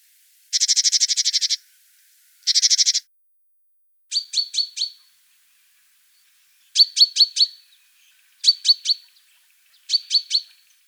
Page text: Большая синица - Синица